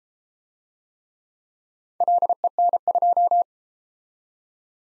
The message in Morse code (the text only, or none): LEN2